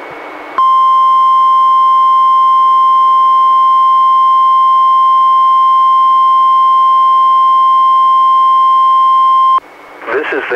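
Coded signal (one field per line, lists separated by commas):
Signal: Emergency Alert System (SAME) tones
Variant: 1050 Hz attention tone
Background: speech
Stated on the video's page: Three NWS Required Weekly Tests relayed by a NOAA Weather Radio station, recorded from a Reecom R-1630 weather radio through a Zoom H1 recorder.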